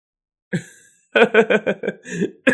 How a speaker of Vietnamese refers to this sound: Hắn cười đến không thở nổi, cười đến không ngừng ho khan.